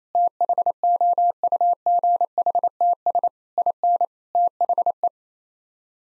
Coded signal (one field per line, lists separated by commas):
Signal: Morse code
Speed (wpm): 28 wpm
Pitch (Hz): 700 Hz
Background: none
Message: THOUGHTS IN THE